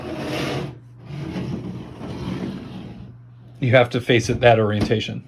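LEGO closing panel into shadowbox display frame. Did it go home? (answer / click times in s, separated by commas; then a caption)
no / none. A plastic LEGO closing panel is rubbed and turned against the LEGO 76252 Batcave Shadowbox display frame to find the right orientation before it is pressed home, while someone talks. Only soft rubbing is heard; the panel has not snapped in or clicked yet.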